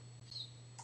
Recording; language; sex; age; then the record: spoken sentence; Brazilian Portuguese; male; 60 to 69 years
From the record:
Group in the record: control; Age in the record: 62 years